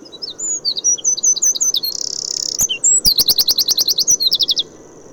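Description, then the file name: Eurasian wren song, a loud rapid outpouring of high trills and sharp notes, with a buzzy rattle midway and a fast repeated trill near the end. "Troglodytes troglodytes"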